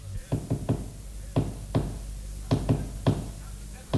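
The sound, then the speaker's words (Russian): Knocking code tapped on a wall: dull, hollow raps in short irregular clusters of two and three, separated by brief pauses, with no voices present. “Узнайте, где стучит этот телеграфист, и наставьте его на путь истины. Только не как вчера. Слушай! Что он стучит? Он стучит... Пойдем на смерть, но не изменим.”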